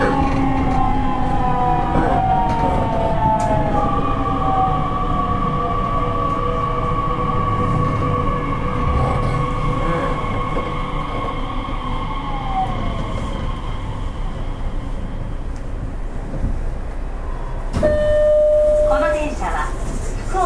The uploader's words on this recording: 西鉄3000系 急行 久留米から二日市まで. 西日本鉄道 3000系電車の走行音です。 大牟田線の急行列車で録音しました。 Running noise of Nishitetsu 3000 series train.